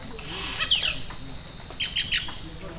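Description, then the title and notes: Yellow-rumped cacique giving sweeping, falling whistled notes followed by a quick cluster of short sharp calls, over a constant high insect drone. Bird in Amacayacu National Natural Park, Amazonas, Colombia; imitates other birds, frogs and even the sound of a machete being sharpened. "Parque Nacional Natural Amacayacu, Amazonas, Colombia - Pájaro Arrendajo. Este pájaro imita a otras aves, ranas y hasta machete afilando"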